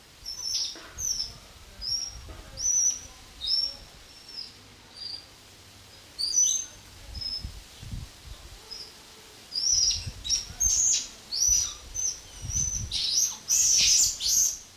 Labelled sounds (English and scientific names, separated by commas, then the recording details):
Weeper Capuchin (Cebus olivaceus)
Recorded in captivity
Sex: group
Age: adult
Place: Zoo Berlin, Berlin, DE
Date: 2002-07-01 15:35
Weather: bedeckt, Regen, ca. 18°C
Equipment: Nagra SN, Kopie Uher 4000 Report Monitor
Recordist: Tembrock, Günter
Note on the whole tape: Gruppe: Laute, zum Teil agonistisch